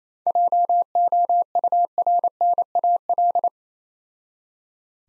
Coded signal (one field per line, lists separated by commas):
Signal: Morse code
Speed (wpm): 27 wpm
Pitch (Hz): 700 Hz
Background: none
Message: JOURNAL